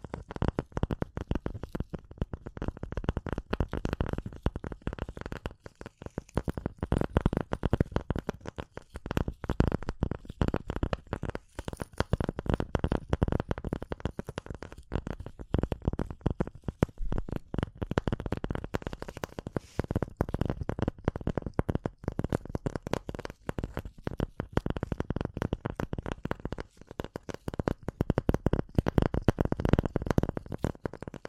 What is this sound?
Tapping & Scratching